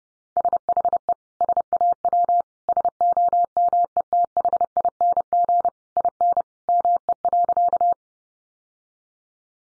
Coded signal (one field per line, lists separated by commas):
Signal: Morse code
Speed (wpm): 30 wpm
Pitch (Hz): 700 Hz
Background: none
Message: SHE SAW SOMETHING IN ME.